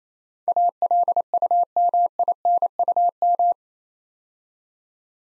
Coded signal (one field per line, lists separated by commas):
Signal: Morse code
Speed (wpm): 27 wpm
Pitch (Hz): 700 Hz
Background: none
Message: ALUMINUM